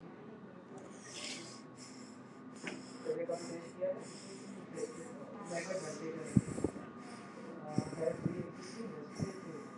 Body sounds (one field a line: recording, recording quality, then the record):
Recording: deep breathing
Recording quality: excellent, no background noise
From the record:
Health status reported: exposed to COVID-19, no respiratory illness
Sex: male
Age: 31 years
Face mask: not worn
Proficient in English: yes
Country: India